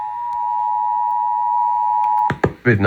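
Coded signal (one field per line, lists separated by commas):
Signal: Emergency Alert System (SAME) tones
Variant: 853 and 960 Hz attention tone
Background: speech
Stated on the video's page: Statewide civil emergency message for Utah about COVID-19.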